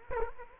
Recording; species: mosquito wingbeat signal from an infrared sensor; Culex quinquefasciatus